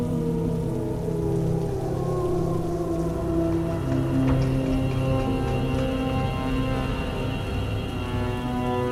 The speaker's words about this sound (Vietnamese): Ánh mắt bắt đầu mờ đi dần vì cơn mưa táp vào mặt.